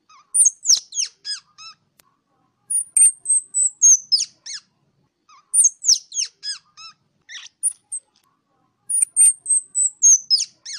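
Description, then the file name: Ground squirrel calling in repeated bursts of high, shrill chirps and thin descending whistles, separated by short silences. "Tieng Soc Dat keu"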